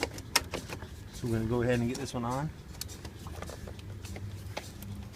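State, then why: Not seated. A dual o-ring radiator hose quick-connect end is handled at the engine coolant outlet port of a Ford 6.4 Powerstroke during a radiator hose replacement for a coolant leak. Someone talks while sharp little handling ticks and knocks sound, the loudest near 0.4 s. The hose end has not seated or clicked into the port yet.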